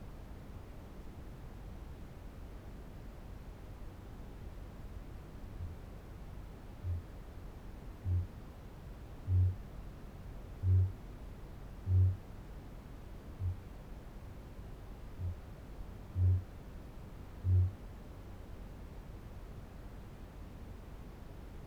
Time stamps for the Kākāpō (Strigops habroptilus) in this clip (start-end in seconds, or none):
5.21-7.26, 7.84-12.46, 13.26-13.80, 15.01-15.67, 16.01-17.76